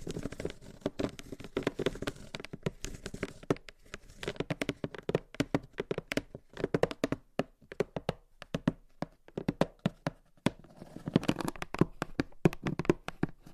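Gentle fingertip tapping and scratching in quick, uneven bursts, with soft dense clusters early and late and sparser single taps in the middle.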